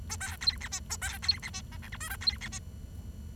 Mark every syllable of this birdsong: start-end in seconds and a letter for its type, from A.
0.09-0.16 A, 0.20-0.36 B, 0.41-0.57 C, 0.61-0.68 D, 0.71-0.79 E, 0.90-0.96 A, 1.01-1.18 B, 1.22-1.39 C, 1.42-1.50 D, 1.53-1.61 E, 1.72-1.77 F, 1.82-1.89 G, 1.92-1.97 H, 2.00-2.09 I, 2.10-2.16 J, 2.21-2.37 C, 2.41-2.48 D, 2.52-2.59 E